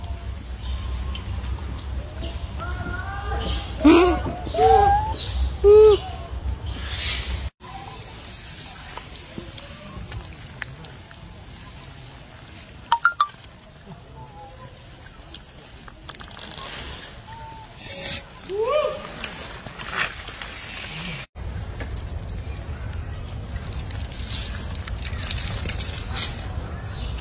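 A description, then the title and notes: Monkeys call in a forest, with a cluster of short, rising hoots and yelps around four to six seconds and scattered squeaks later. Cuts split the recording into three stretches, and a low rumble fills the first and last parts beneath faint outdoor hiss. Monkey Live In The Forest.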